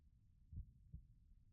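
Two soft, low thumps land about 0.4 seconds apart, forming one lub-dub heart cycle over a faint low hum. It is a calm, ordinary-sounding adult heartbeat, heard with the ear against the chest, calm and settled.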